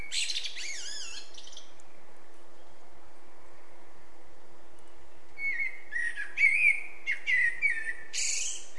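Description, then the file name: Eurasian blackbird warbling, with a high trilled twitter at the start, a quiet stretch, then a full phrase of fluty notes and squeaky high endings; steady hum behind. "Turdus merula"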